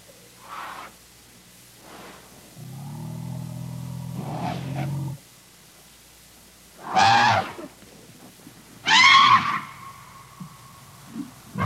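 Elephant vocalizing: low droning rumble, then two sharp, bright trumpet bursts separated by silence, with faint short calls before and after.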